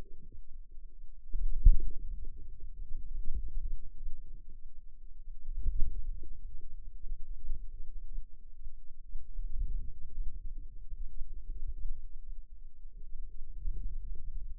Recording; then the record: forearm muscle sounds (acoustic myography)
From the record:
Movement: ulnar deviation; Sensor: system 2, bracelet of six BSWA MPA416 microphones around the upper forearm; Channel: 1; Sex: female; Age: 22 years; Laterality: right